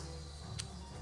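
A spoke torque wrench set to 36 inch-pounds tightens the first spoke nipple next to the valve hole on a motorcycle wheel rim. A single sharp click is heard at 0.6 s over a steady low hum, confirming the wrench has reached its 36 inch-pound setting.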